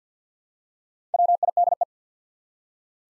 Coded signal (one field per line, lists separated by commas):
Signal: Morse code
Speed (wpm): 50 wpm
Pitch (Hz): 700 Hz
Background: none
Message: WIDE